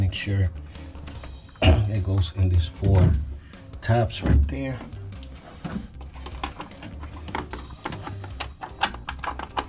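A refrigerator main control board is handled near the four plastic retaining tabs it mounts into on a GE refrigerator, model PSSF3RGXABB, while someone talks over background music. A few soft taps and brief sharp knocks are heard. The board has not seated or clicked into the tabs yet.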